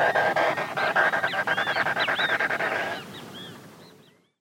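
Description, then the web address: South American snipe giving a fast series of pulsed notes that fades after about three seconds, with swooping whistled notes over the top. Eastern Lowlands, South America. "Natures Songs S America Eastern Lowlands. South American Snipe"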